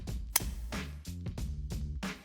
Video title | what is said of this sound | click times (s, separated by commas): 2010-2014 Ford F-150 Raptor LED Headlight Conversion: LMR Complete Kit Install | notch on the retainer that will click into place. | 0.4 s